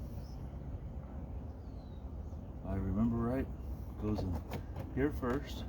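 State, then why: Not seated. A plastic door trim piece is lined up by its locating tab in the slot on the front door of an Avalanche truck, ready to be pushed home. Someone talks over a steady low background rumble. Nothing has snapped into place yet, and no click is heard.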